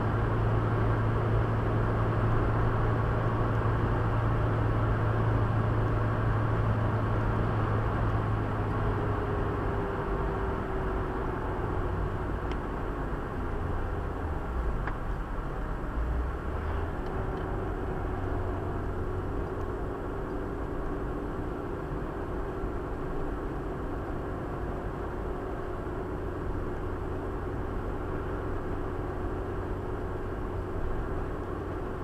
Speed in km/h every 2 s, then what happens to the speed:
105, 105, 104, 102, 95, 87, 81, 76, 71, 69, 69, 69, 69, 69, 69, 69.
0-6 steady at about 104. 6-16 slows to 71. 16-32 steady at about 69.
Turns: none.